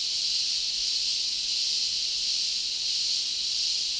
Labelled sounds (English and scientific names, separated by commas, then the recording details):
none
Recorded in dense forest near Puerto Asís, Putumayo, Colombia, on 20 February 2024 at 11:30
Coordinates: 0.499, -76.324
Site G6469